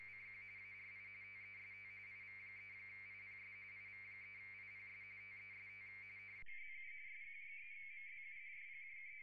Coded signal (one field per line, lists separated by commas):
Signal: RTTY